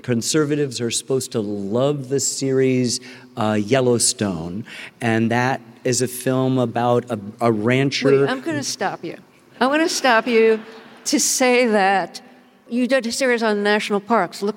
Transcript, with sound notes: Conservatives are supposed to love the series "Yellowstone," and that is a film about a rancher...
Wait, I'm going to stop you.
(LAUGHTER)
I want to stop you to say that you did a series on national parks.